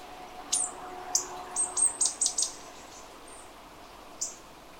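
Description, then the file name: Great tit calls: thin, very high notes sliding downward, clustered in a quick run of five or six, over faint background hiss. "Parus major"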